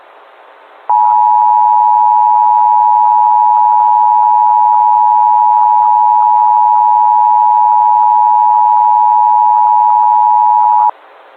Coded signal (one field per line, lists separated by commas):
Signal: Emergency Alert System (SAME) tones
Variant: 853 and 960 Hz attention tone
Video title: EAS Scenario/Analog & Digital Horror - Sun Explosion